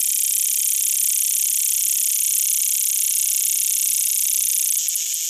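Cicada buzzing call, a loud, continuous high-pitched drone holding steady throughout, with a brief change near the end.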